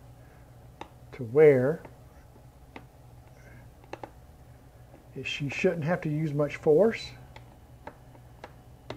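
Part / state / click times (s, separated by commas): plastic display bezel clips into the laptop screen lid / seated / 7.9 s, 8.4 s, 8.9 s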